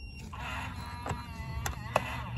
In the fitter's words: You'll hear it lock. It'll start clicking if it's not aligned properly.